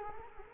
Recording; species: mosquito wingbeat signal from an infrared sensor; Culex quinquefasciatus